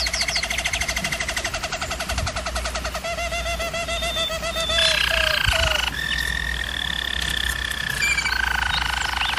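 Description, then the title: Roller-type canary song from a German Roller, with dense rapid trills and then sustained rolling tours at changing pitches, continuous throughout. Singing used for canary training. "German Roller Canary Singing - Canary Training Vid"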